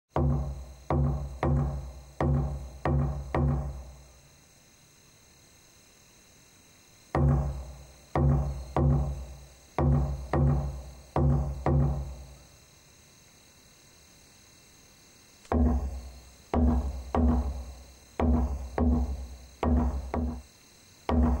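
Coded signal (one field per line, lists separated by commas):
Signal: drum signal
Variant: garamut slit drum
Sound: deep resonant wooden drum strokes beaten in three rhythmic runs with pauses between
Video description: Church garamut announces service. (0.56) This drum has the head of a crocodile at one end and a crucifix at the other. It is used instead of, or in addition to, bells to summon people to worship.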